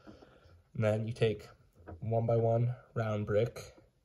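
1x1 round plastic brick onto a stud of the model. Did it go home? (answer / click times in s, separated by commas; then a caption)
no / none. A 1x1 round plastic brick is being handled to be pressed onto a stud of the model, while someone talks throughout. Nothing has seated or clicked yet.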